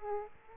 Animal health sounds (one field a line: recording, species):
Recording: mosquito wingbeat signal from an infrared sensor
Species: Aedes aegypti